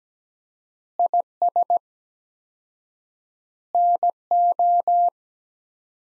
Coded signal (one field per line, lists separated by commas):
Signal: Morse code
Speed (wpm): 17 wpm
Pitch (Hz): 700 Hz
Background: none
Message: IS NO